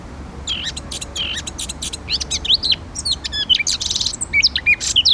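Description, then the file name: Eurasian blackcap song starting after a short pause, a busy warble of chattering notes and short whistled slurs that grows louder toward the end. "Sylvia atricapilla"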